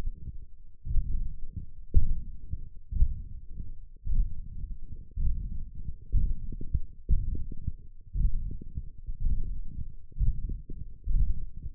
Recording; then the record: forearm muscle sounds (acoustic myography)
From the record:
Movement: hook grip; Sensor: system 1, eight BSWA MPA416 microphones around the upper forearm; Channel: 2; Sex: male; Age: 21 years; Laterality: right